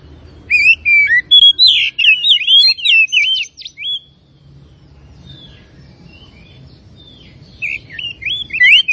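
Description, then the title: Oriental magpie-robin song: a quick, varied string of loud sweet whistles and slurs lasting about three seconds, quiet spell, then another short whistled phrase. Labelled Tretes; described with the Indonesian bird-keeping term gacor, meaning singing actively. "Kacer Tretes Gacor"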